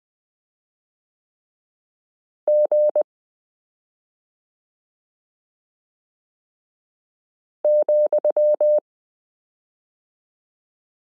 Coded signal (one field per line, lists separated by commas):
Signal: Morse code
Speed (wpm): 20 wpm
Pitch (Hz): 600 Hz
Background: none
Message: G ,